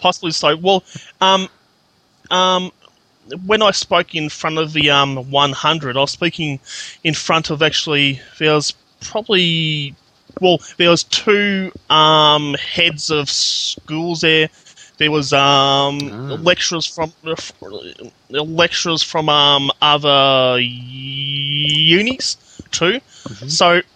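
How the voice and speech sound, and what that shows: Adult man who stutters, speaking with stretched sounds, a part-word restart, repeated phrases and many filled pauses, consistent with stuttering. His stuttering varies with the setting: it is heavier in some situations, such as small groups, and at times his speech is stutter-free.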